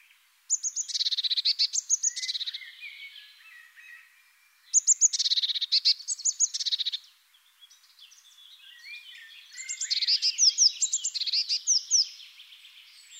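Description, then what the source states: Eurasian blue tit uttering three runs of rapid, high-pitched chirping notes, the last run mixed with descending trills. Recorded in the Netherlands.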